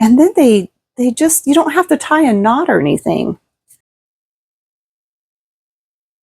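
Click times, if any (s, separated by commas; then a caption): none. A small metal hanger clip is picked up and lined up on the top of a resin bell ornament before being pushed in, while someone talks for the first few seconds. A brief faint sound comes at about 3.7 s, followed by silence. Nothing has seated or clicked yet.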